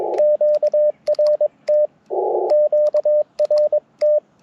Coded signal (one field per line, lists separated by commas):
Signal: Morse code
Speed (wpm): 22 wpm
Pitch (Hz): 600 Hz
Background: radio noise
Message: QRT QRT